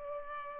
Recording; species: mosquito wingbeat signal from an infrared sensor; Culex pipiens